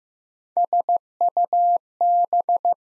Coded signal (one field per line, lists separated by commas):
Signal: Morse code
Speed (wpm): 15 wpm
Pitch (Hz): 700 Hz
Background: none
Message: SUB